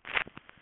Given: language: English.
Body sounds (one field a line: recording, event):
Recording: throat vibration sensor signal played as sound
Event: swallow